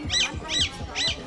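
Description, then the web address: Alexandrine parakeet calling three times, each a coarse, rasping screech, evenly spaced. "vogel der woche. Grosser Alexandersittich"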